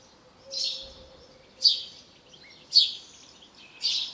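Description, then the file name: House sparrow chirping: four single chirps spaced about one second apart, evenly repeated. "Passer domesticus"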